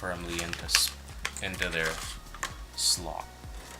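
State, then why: Not seated. Two RAM memory modules are lined up over the first and third DIMM slots of a motherboard and pressed firmly down while someone talks. Only light handling sounds are heard. Nothing has seated or clicked yet.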